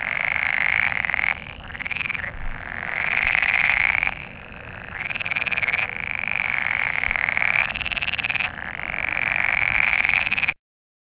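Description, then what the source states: Pool frog mating calls: buzzy, rapidly pulsed croaking trills in bursts of varying length, forming a near-continuous chorus that stops just before the end. Mating call, in a pond.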